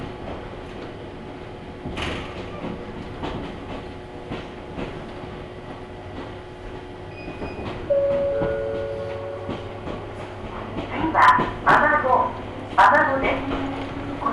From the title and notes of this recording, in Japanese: 近江鉄道 高宮→彦根→八日市。高宮での待ち時間が長いこともあって一旦彦根まで戻り、再び本線に戻って八日市へと向かいます。